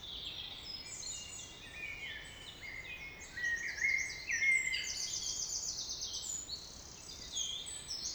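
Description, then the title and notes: Common blackbird song with a mellow warbled phrase midway amid dense high twittering notes. Early evening in April 2019, Traouïero valley, Trégastel, France; one blackbird singing with other birds; recorded with MKH 8040 microphones in an ORTF pair, MixPre-D and Zoom H5 recorders. "Vallée des Traouiero, Trégastel, France - Blackbird song [Valley Traouïero]. yponomeutaneko"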